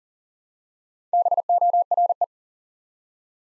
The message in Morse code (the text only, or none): BORE